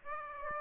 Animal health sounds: mosquito wingbeat signal from an infrared sensor; Aedes aegypti

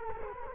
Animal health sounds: mosquito wingbeat signal from an infrared sensor; Culex quinquefasciatus

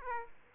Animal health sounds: mosquito wingbeat signal from an infrared sensor; Aedes aegypti

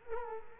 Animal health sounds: mosquito wingbeat signal from an infrared sensor; Culex quinquefasciatus

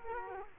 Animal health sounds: mosquito wingbeat signal from an infrared sensor; Culex quinquefasciatus

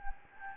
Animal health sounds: mosquito wingbeat signal from an infrared sensor; Anopheles gambiae

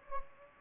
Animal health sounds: mosquito wingbeat signal from an infrared sensor; Anopheles gambiae

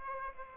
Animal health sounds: mosquito wingbeat signal from an infrared sensor; Aedes aegypti

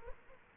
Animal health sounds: mosquito wingbeat signal from an infrared sensor; Culex quinquefasciatus

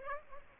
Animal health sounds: mosquito wingbeat signal from an infrared sensor; Aedes aegypti

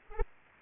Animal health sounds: mosquito wingbeat signal from an infrared sensor; Aedes aegypti

